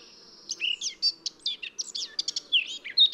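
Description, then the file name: Eurasian blackcap song: a rapid run of many sharp, varied warbled notes with a few clear whistles. "Sylvia atricapilla"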